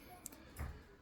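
A Samsung Note 20 battery flex cable is folded back and its connector pressed with even pressure onto the main board socket. A sharp, fast-decaying snap at 0.3 s (0.26 s) marks the connector seating, followed by a duller low thump around 0.6 s. The connector seats in place.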